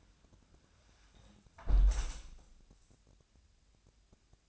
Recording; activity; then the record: daily activity, microphone in the room; close window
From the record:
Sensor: 2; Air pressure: 1000.3 hPa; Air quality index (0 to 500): 122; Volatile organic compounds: 2 ppm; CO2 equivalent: 1030 ppm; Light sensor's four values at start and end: 12/32/12/14 and 11/31/12/14